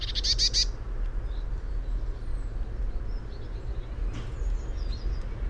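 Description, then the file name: Eurasian blue tit giving one short, buzzy, rattling churr at the start, followed by faint thin notes over a steady low rumble. "Cyanistes caeruleus"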